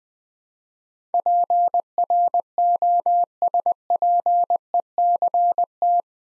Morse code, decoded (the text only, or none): PROSPECT